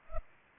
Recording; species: mosquito wingbeat signal from an infrared sensor; Culex pipiens